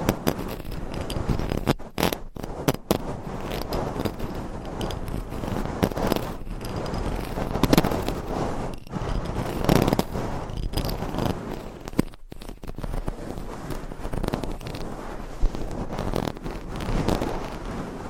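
Dense, continuous scratching on a microphone, rough and grainy, with layered rubbing strokes piling over each other. The texture stays busy throughout, broken by brief sharp dropouts around two, three, eight, ten and twelve seconds, with a few thuddy bumps underneath.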